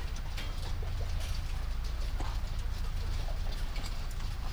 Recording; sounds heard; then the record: poultry house recording; sick chickens (respiratory disease)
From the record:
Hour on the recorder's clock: 1